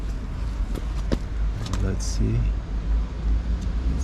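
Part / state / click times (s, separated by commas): plastic headlight washer cover into front bumper opening / seated / 1.1 s, 1.7 s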